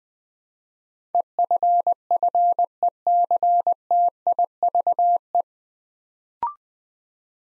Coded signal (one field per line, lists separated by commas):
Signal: Morse code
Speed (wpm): 20 wpm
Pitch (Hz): 700 Hz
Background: none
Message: EFFECTIVE